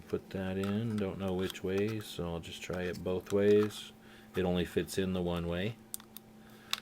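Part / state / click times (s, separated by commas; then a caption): memory card into camcorder card slot / seated / 6.7 s. Someone talks while trying a small 4 GB memory card both ways in a Living Solutions digital camcorder's card slot, since it only fits one way. Soft fumbling clicks follow the speech, and the card snaps into the slot with a sharp click at 6.7 s, seated.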